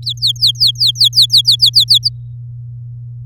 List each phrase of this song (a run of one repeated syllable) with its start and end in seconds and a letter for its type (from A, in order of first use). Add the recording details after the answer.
0.02-2.09 A. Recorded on 9 May 2018 at 09:45. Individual llb16